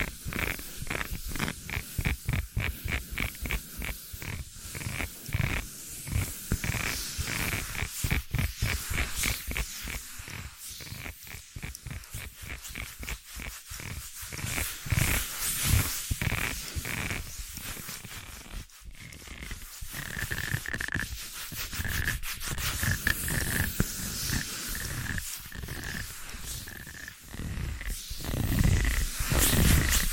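Soft tapping, scratching and tracing sounds come in quick, dense strokes throughout, with brief pauses and a faint steady tone near the end.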